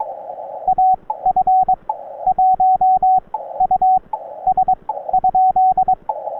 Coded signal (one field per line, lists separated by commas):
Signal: Morse code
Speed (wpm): 22 wpm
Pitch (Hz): 750 Hz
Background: radio noise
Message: AF1US ?